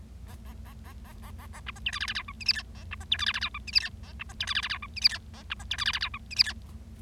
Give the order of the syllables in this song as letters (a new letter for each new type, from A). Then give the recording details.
A A A A A A A A B C D E F F G H I J K A B C D E F F G H I J K A B C D E F F G H I J K A B C D E F F G H I J K. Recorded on 25 March 2012 at 16:00. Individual gy6or6